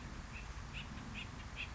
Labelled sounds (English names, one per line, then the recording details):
Acorn Woodpecker
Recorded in Sonoma County, California